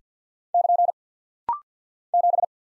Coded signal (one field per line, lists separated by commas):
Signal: Morse code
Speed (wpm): 50 wpm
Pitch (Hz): 700 Hz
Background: none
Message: <KN> 7